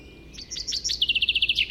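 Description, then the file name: Common chaffinch song fragment, a few high notes followed by a fast repeated trill of descending chirps ending abruptly. "Fringilla coelebs"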